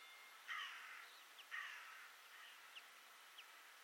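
Bird giving two hoarse, grating caws about a second apart, then a few brief faint ticks against constant hiss.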